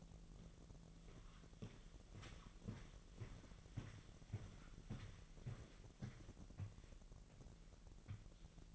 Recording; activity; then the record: daily activity, microphone in the room; walk to room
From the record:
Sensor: 4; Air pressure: 1013.1 hPa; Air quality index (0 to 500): 247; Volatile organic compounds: 4 ppm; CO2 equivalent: 1644 ppm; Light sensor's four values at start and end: 35/84/35/34 and 35/83/34/34